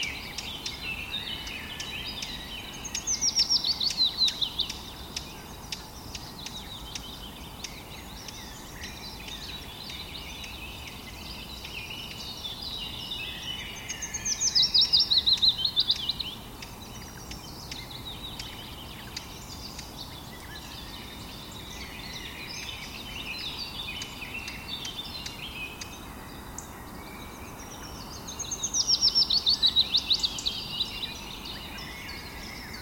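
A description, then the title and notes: Birds chirp and sing in bright, high phrases, with three louder bursts of song at about 3, 15 and 29 seconds. Between them, softer scattered chirps continue over a steady low rumble of background noise. 3 Hour bird sounds Relaxation - Nature sounds music for Meditation - Birds chirping, birds singing.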